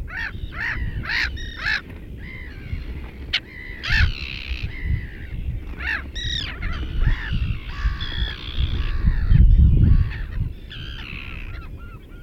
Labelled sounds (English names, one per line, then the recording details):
Common Tern call
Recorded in the wild
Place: Langenwerder, Mecklenburg-Vorpommern, DE
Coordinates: 54.027, 11.493
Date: 1969-06-08
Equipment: Nagra III BH, Sennheiser MD 421, parabola
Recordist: Schubert, Michael
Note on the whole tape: Flussseeschwalbe über ihrer Kolonie